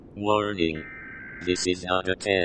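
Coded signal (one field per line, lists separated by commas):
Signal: Emergency Alert System (SAME) tones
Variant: header bursts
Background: speech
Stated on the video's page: Fictional EAS scenario based on a Doors game monster; simulated.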